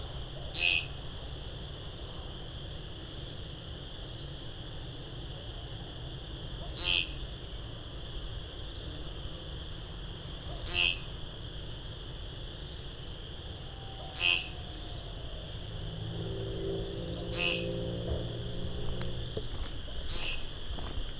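Thousands of chorus frogs make a continuous high, buzzing drone that never lets up. Louder, sharper trills cut through roughly every three to four seconds. Around sixteen to nineteen seconds, a low humming rumble rises underneath the chorus.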